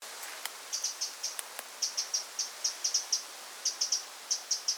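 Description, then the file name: Eurasian wren calls: sharp, high, dry ticks in an uneven series, several per second with short breaks between bursts, over faint steady hiss. "Troglodytes troglodytes"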